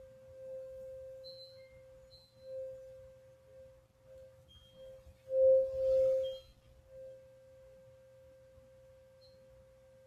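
A Tibetan singing bowl rings with a steady, pure mid-pitched hum that carries through the whole ten seconds. Around five to six seconds it swells louder with a brief brushy rustle, then settles back. Faint high glints and a low soft rumble sit underneath.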